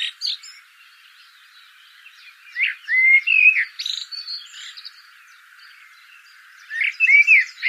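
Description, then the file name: Common blackbird: a short note, a long pause, then a fluted warbled phrase ending in high twitters, and another mellow phrase near the end. "Turdus merula"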